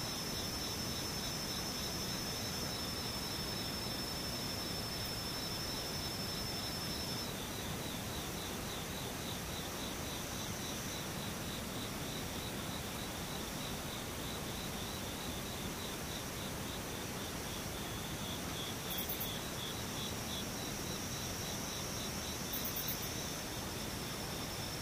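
Insects call in a dense, steady chorus, with a fast, regular pulsing trill in the upper range running the whole time over a constant hiss. A thin high whine holds for the first seven seconds, and brief very high buzzes appear around 19 and 23 seconds.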